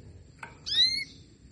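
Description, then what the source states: Canary call: a single rising, drawn-out note with clear harmonics, preceded by a brief fainter sound, against low background hum. Female canary call played to stimulate lazy males into singing, aimed at Belgian canaries.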